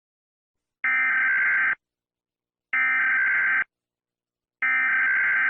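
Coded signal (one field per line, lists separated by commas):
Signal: Emergency Alert System (SAME) tones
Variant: header bursts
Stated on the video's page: Animated EAS alarm made in Kinemaster, not a real alert.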